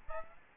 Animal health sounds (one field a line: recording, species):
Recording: mosquito wingbeat signal from an infrared sensor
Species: Aedes albopictus